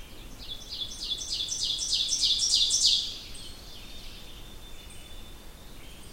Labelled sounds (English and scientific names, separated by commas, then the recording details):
Ovenbird (Seiurus aurocapilla) song
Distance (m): 5 m
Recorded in boreal forest in Alberta, Canada, on 20 June 2016 at 08:26
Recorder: SongMeter 3, array SBT-6-81
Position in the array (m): 144 m, 206 m
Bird 25